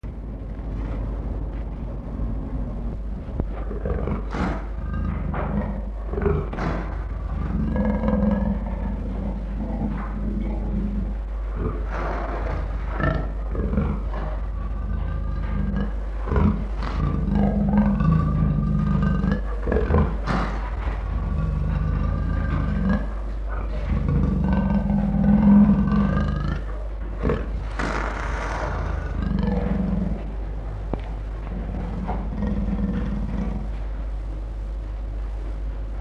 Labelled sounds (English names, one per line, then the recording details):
Leopard
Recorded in captivity
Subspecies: delacouri
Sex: male
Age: adult
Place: Tierpark Berlin, Berlin, DE
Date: 1963-12-01 11:00
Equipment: Minifon, Kopie BG 26/1
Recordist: Tembrock, Günter